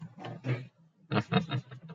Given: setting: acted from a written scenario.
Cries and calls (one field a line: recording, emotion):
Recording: vocal sound without words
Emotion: pride